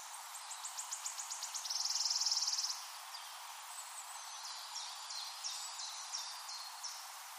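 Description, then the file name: Wood warbler song: a run of high, separate ticking notes speeding up into a loud, shivering trill lasting about a second, followed by faint high twittering. Recorded 23 April 2013. "23 04 2013 Waldlaubsaenger"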